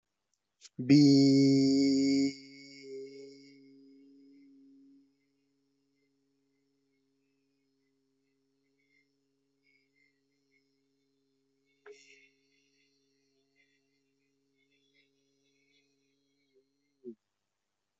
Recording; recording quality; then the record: sustained vowel as in beet; excellent, no background noise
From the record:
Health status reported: healthy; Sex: male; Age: 27 years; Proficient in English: yes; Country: India